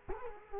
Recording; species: mosquito wingbeat signal from an infrared sensor; Culex quinquefasciatus